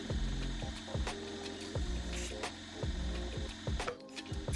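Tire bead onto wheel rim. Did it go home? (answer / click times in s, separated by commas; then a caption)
yes / 3.9 s. A new tire is inflated inside a safety cage while someone talks, with a steady hum and repeated air bursts underneath. At 3.9 s a sharp, fairly quiet pop is heard as the tire bead seats onto the wheel rim.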